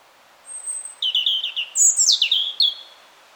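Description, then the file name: European robin song opening on a long thin high whistle, then a jittery trill and cascading liquid phrases that drop and rise again. "Erithacus rubecula"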